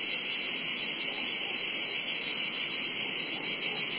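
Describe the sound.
Cicadas give a steady, shrill, unbroken buzz that holds at an even loudness from start to finish.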